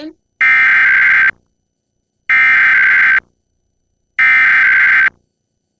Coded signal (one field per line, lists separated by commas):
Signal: Emergency Alert System (SAME) tones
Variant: header bursts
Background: speech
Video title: WNJN Emergency Alert System - New Jersey Required Monthly Test [June 22, 2022]